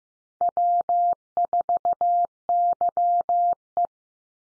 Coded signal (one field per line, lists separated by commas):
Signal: Morse code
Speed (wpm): 15 wpm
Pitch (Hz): 700 Hz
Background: none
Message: W4YE